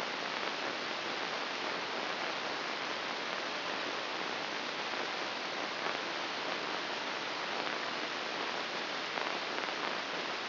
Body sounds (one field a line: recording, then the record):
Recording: brain microelectrode recording played as sound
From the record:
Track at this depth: inside the subthalamic nucleus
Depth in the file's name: 4.34 mm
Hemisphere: right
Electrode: 2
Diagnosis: Parkinson's disease